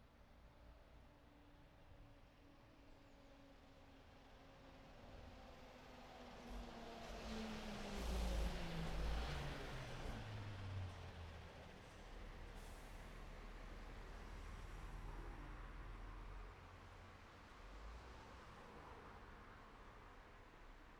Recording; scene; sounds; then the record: everyday scene through a hearing-aid microphone; in traffic; traffic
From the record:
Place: city secondary road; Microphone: behind the ear, right, front